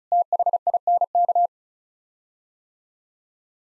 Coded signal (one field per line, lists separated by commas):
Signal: Morse code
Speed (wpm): 34 wpm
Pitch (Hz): 700 Hz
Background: none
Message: THINK